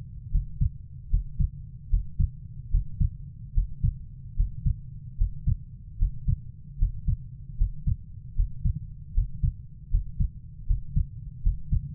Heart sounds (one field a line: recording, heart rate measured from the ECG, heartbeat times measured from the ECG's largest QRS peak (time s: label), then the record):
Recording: heart sounds by stethoscope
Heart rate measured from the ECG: 76 bpm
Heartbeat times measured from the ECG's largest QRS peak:
0.31 s: heartbeat
1.10 s: heartbeat
1.89 s: heartbeat
2.70 s: heartbeat
3.54 s: heartbeat
4.36 s: heartbeat
5.17 s: heartbeat
5.98 s: heartbeat
6.78 s: heartbeat
7.57 s: heartbeat
8.35 s: heartbeat
9.14 s: heartbeat
9.90 s: heartbeat
10.66 s: heartbeat
11.42 s: heartbeat
From the record:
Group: healthy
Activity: Valsalva maneuver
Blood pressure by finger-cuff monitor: 124/77 mmHg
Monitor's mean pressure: 91 mmHg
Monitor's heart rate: 75 bpm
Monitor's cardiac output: 5.9 L/min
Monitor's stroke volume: 77 mL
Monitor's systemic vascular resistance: 1140 dyn s/cm5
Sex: female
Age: 24 years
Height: 163 cm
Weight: 55.7 kg